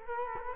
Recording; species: mosquito wingbeat signal from an infrared sensor; Culex quinquefasciatus